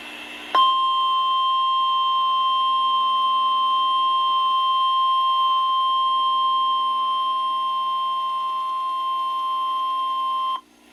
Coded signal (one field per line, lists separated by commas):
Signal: Emergency Alert System (SAME) tones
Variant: 1050 Hz attention tone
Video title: EAS Alerts from Severe Weather in Alabama and Florida (EAS# 30-42)